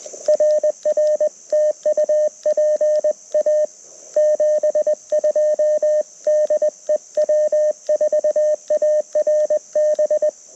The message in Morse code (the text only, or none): RR TU PA 72 DE W4ARB